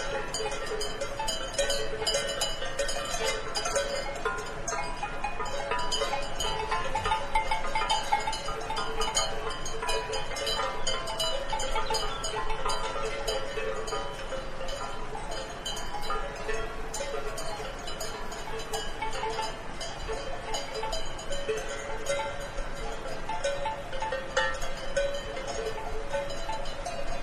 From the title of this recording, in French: Alpage avec cloches de vaches